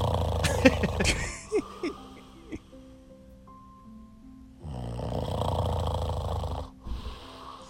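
Two loud, rumbling snores about four seconds apart in an adult man asleep, with a softer whistling breath between them. This is heavy snoring from vibration of the soft tissues of the upper airway during sleep.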